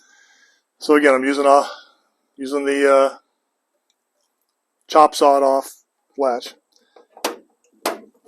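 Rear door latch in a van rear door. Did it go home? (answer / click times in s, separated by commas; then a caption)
yes / 7.2 s, 7.9 s. A Sprinter van's rear door latch, fitted with a new actuator, is pushed closed while someone talks. It latches in two distinct clicks at 7.3 s and 7.9 s, locking so the door registers as shut.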